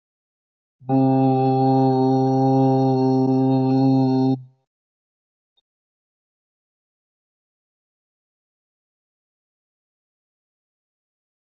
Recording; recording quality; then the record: sustained vowel as in boot; excellent, no background noise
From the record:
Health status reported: healthy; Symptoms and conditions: none ticked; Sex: male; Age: 33 years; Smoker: not ticked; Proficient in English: yes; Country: India